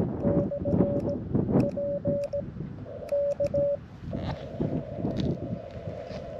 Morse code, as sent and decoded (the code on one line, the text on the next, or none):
-..-. / .--. / -.-
/ P K